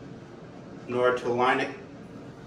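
A bidet seat is being handled into position to slide onto its mounting bracket on a toilet, but nothing has seated or clicked yet. Someone talks over a low steady background hum.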